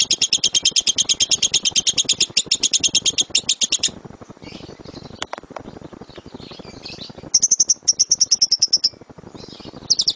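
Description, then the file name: Lovebird chatter: very fast, piercing high chirps in a dense run, then a pause with faint scratchy sounds, then more quick chirp bursts. Lovebird of the dora type. "lovebird dora milik jnj omkicau"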